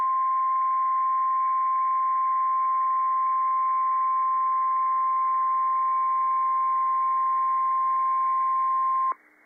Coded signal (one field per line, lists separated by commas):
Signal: Emergency Alert System (SAME) tones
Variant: 1050 Hz attention tone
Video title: PDS SVR & PDS TOR - EAS #1,253 & 1,254 - 3/25/15 7:02 PM